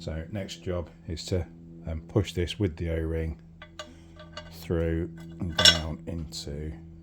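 A shaft fitted with a rubber O-ring is being handled, ready to be pushed through and down into the aluminium engine case of a Honda 400T Dream motorcycle. Someone talks over light metallic clinks and brief handling taps around 3.6 to 4.4 seconds. Nothing has seated or clicked yet.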